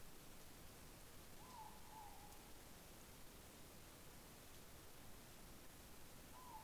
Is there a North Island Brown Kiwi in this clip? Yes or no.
no